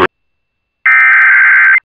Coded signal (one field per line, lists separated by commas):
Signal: Emergency Alert System (SAME) tones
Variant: header bursts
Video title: (EAS Audio) Tornado Emergency for Alexandria, LA on December 16, 2019